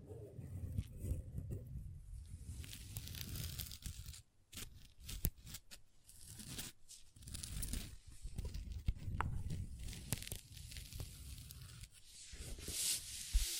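Long nails tap and scratch across a table, making dense, rough rasping strokes with short sharp clicks mixed in. The scraping runs almost continuously with a low rumble under it, broken by brief pauses near 4, 7 and 8.5 seconds, and a bright tap lands near the end.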